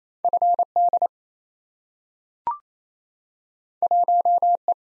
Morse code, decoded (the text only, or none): FD 1E